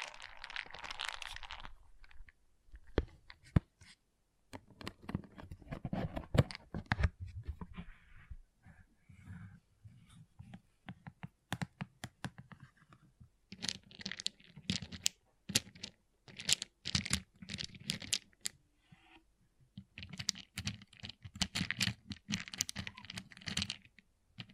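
Small plastic pixel art beads click and rattle in quick, dense bursts, like handfuls being stirred or poured. Busy clattering comes in waves, thinning to scattered single ticks around the middle before heavier rattling returns near 14 and 20 seconds.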